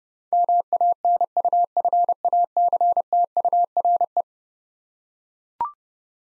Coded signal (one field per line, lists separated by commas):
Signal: Morse code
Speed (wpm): 30 wpm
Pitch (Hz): 700 Hz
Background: none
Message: MANUFACTURE